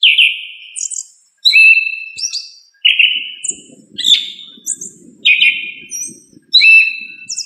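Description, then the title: Thrush song with rich slurred whistles and high squeaky notes in quick succession, phrases coming every second or so, over a faint low noise in the second half. "Familia Turdidae - Sabia"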